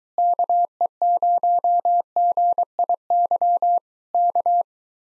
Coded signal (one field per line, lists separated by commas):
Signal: Morse code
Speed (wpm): 23 wpm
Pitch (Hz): 700 Hz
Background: none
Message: KE0GIY K